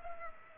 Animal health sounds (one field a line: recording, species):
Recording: mosquito wingbeat signal from an infrared sensor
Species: Culex pipiens